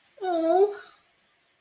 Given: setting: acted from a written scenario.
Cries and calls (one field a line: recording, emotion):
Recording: vocal sound without words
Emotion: distress